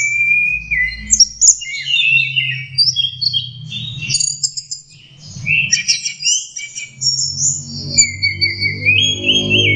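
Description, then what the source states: Orange-headed thrush song, a varied continuous outpouring of high whistled notes, trills and buzzy chirps, over a steady low hum. Song used as a master recording for training birds; Indonesian 'teler' song style, version 4.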